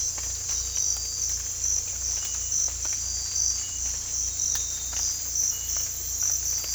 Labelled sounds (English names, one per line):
none